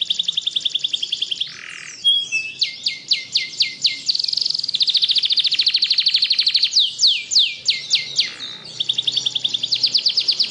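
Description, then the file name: Canary song, a fast stream of rattling trills and sharp downslurred notes, interrupted by brief low churrs, the singing carrying on without stopping. Singing in the continuous, nonstop style called ngebren. "Suara Kenari Ngebren"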